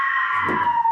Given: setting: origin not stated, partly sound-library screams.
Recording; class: one-second piece from a danger detection set; woman in danger